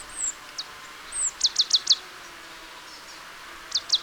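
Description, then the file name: Marsh tit giving a quick run of four sharp, high descending notes, then a pair more, with thin whistled sounds early on. "Poecile palustris"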